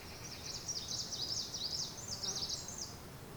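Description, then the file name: Birds chattering in high, wavering chirps that run without a break through the whole stretch, over a steady low hiss. Mountain ambience in Asia with birds. "Ambience of the Asian mountains with birds"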